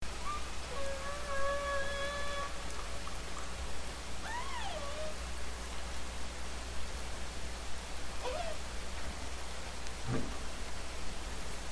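Humpback whale song with long moaning tones, some holding a steady pitch and others swooping up and down, over a constant low rumble.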